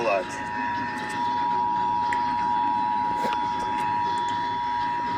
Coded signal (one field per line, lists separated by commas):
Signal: Emergency Alert System (SAME) tones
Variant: 853 and 960 Hz attention tone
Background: speech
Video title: Child Abduction Emergency EAS #104